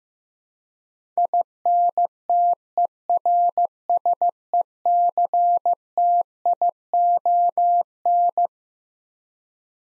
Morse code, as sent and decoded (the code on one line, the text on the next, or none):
.. -. - . .-. ... . -.-. - .. --- -.
INTERSECTION